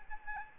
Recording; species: mosquito wingbeat signal from an infrared sensor; Aedes albopictus